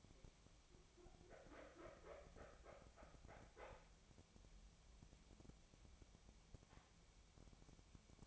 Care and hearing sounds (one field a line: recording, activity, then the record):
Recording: daily activity, microphone in the room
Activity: wipe stove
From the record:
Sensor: 1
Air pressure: 1007.1 hPa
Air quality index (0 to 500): 204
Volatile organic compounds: 22 ppm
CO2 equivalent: 2757 ppm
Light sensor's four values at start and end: 13/32/13/14 and 12/32/13/14